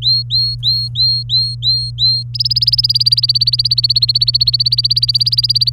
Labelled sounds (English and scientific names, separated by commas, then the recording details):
Domestic Canary (Serinus canaria) song
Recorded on 24 April 2018 at 11:12
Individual llb3